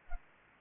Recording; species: mosquito wingbeat signal from an infrared sensor; Anopheles arabiensis